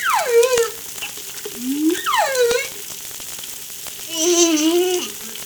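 Whale vocalizations: two steeply descending whistled sweeps, a short low upward moan between them, then a longer steady tonal call with rich harmonics, over a constant low hum.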